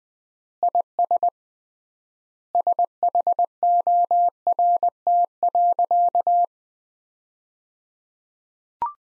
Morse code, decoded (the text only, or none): IS SHORT.